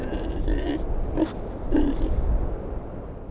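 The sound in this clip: Animal grunting: a few short, low grunts near the start and middle, over a steady low rumbling background.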